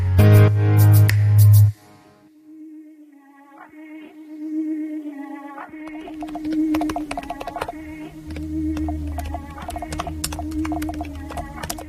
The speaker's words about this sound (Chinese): 做的这种感觉像极了在刚才整点之前我敲了键盘回复大家留言的状态。